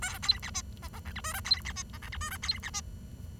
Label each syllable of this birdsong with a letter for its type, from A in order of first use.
A B C D E E F G H I B C D E F G H I B C D